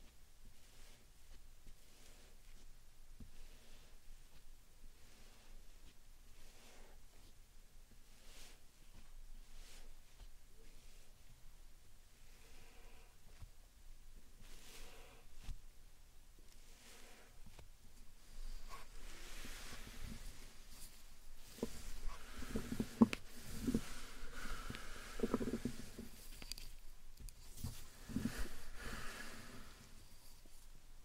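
Slime and sand being handled make quiet squishing, crackling and tapping sounds, with soft sharp clicks scattered through the first half. After about twenty seconds the sounds grow louder and denser, with wet, gurgling squelches and brighter crackles peaking around twenty-three seconds.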